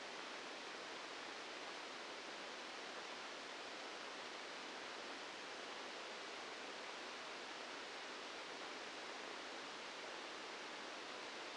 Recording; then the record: brain microelectrode recording played as sound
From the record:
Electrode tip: inside the subthalamic nucleus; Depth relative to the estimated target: -2 mm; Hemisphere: left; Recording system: NeuroSet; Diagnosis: Parkinson's disease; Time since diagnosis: 8 years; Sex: male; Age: 59 years